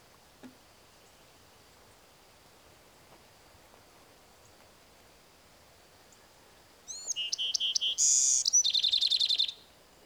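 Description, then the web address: Bewick's wren singing one phrase after a long quiet stretch: a few sharp high notes, a loud buzzy note, then a fast rattling trill to finish. "BEWR birds wrens"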